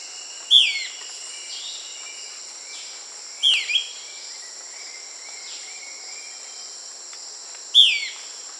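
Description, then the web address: Euler's flycatcher gives brief falling notes, one doubled in the middle, spaced several seconds apart, with constant shrill insect drone behind. Peru. "Birds of the Amazon 3. Euler's Flycatcher (Lathrotriccus euleri), Peru"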